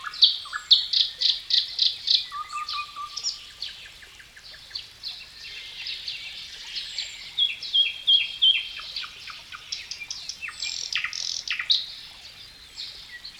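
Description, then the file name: Nightingale song opening with a quick series of loud repeated notes, then a low drawn whistle and a long run of varied chirps and trills. Nightingale singing in natural woodland forest beside a water stream. "Dauzkobza Natural Woodland Forest Water Stream Nightingale Birds"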